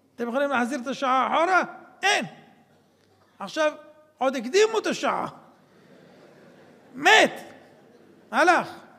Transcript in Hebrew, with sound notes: אתם יכולים להחזיר את השעה אחורה? אין. עכשיו, עוד 'הקדימו' את השעה... [צחוק בקהל] מת. הלך.